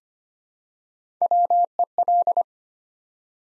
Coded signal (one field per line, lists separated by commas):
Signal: Morse code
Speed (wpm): 25 wpm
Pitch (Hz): 700 Hz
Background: none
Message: WEL